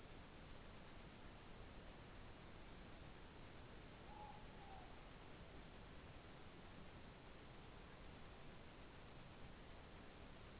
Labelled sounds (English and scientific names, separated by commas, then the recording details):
Morepork (Ninox novaeseelandiae) more-pork call
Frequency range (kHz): Morepork (Ninox novaeseelandiae) 0.7-1.0 kHz
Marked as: faintness 2/5
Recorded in New Zealand
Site Taranaki